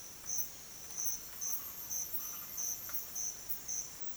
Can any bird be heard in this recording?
yes